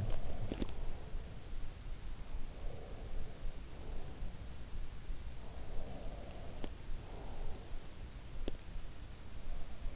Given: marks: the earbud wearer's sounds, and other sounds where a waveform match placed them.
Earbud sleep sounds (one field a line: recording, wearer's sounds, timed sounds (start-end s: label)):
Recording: sounds in sleep by an in-ear microphone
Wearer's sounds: teeth grinding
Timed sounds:
0.00-0.75 s: teeth grinding
2.08-4.17 s: sound from someone else or the room
5.30-8.67 s: sound from someone else or the room
6.55-6.77 s: teeth grinding
8.33-8.58 s: teeth grinding